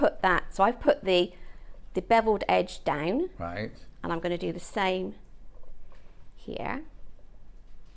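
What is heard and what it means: Someone talks while positioning two plastic appliqué frame pieces, bevelled edge down, over fabric, getting the inner frame ready to press into the outer frame. A few faint handling sounds come through in a pause in the talk, around 5.6, 5.9 and 6.3 seconds. Nothing has clicked or seated yet.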